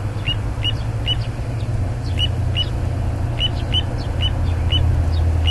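Little ringed plover calls, short clear piping notes repeated at an uneven pace, over a steady low rumble of traffic-like noise.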